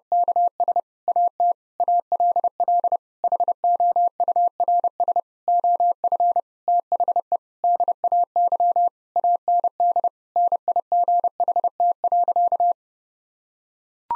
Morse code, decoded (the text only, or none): KS AT ALL HOURS OF THE DAY AND NIGHT.